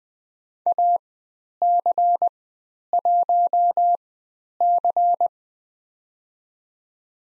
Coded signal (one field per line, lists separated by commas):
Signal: Morse code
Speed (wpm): 20 wpm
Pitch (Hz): 700 Hz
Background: none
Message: AC1C